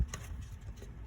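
A plastic hose or clip near the air cleaner is handled toward its engine bay mount on a Volkswagen Jetta SE. There is a low rumble and light handling noise, with a brief sharp tick at 0.1 s. Nothing has seated or snapped into place yet.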